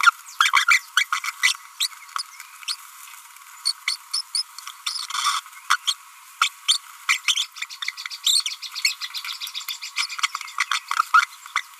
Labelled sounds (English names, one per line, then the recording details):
Green-rumped Parrotlet babbling
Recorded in a nest box in Venezuela
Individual 18B25A3